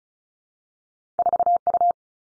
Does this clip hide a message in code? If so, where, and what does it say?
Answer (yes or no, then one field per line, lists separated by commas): yes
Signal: Morse code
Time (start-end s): 1.2-1.9 s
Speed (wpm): 36 wpm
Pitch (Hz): 700 Hz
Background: none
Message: 4 U